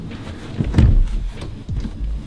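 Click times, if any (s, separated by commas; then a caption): none. A full-width, TÜV-tested rock and roll bed in a VW T5/T6 van has its metal-framed seat back lifted by hand from flat toward the upright seat position, rising with hydraulic assistance. Low rumbling handling noise is heard with a sharp thump at about 0.8 s, then continued shuffling. Nothing has seated or clicked yet; the clip ends before the seat back locks into place.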